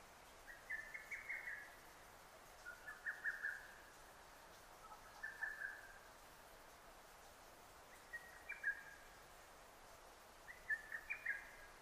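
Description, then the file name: Lesser cuckoo song: five short staccato phrases of clipped, shrill notes, each about a second long, repeated every two to three seconds over a steady faint background hiss. Recorded on 6 June 2009. "hototogisu 20090606"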